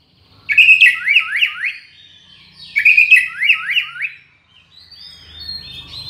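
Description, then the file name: White-rumped shama song: two similar bursts of sweet downslurred whistles a couple of seconds apart, followed by soft high warbles. From Borneo. "murai batu borneo"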